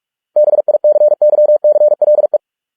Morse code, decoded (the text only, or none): BICYCLE